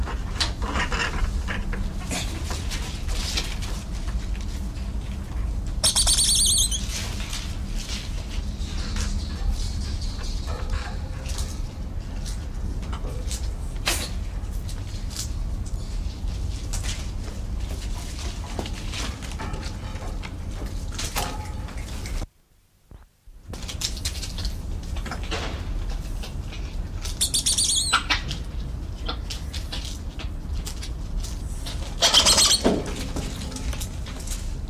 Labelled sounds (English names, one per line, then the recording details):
Black-handed Spider Monkey
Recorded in captivity
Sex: group
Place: Tiergarten Schönbrunn, AT
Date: 1990-08-30 19:38
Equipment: Marantz CP 430, Sennheiser ME 80, Kopie Uher Variocord
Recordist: Tembrock, Günter
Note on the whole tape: Diverse Laute in der Gruppe, agonistisches Keckern (längere Strecke, sehr gut)